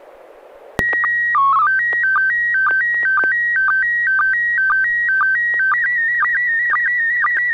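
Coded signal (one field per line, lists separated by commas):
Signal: SSTV (slow-scan television)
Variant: PD 120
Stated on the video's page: SSTV net images sent over an FM repeater on 441.300 MHz in Sacramento, using MMSSTV software.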